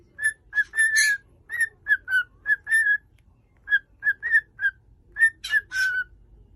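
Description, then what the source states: Cockatiel whistling in two phrases of brief clear notes, each note short and evenly pitched, with occasional scratchy rasps among them and a quiet gap between. Several cockatiels, singing with whistles.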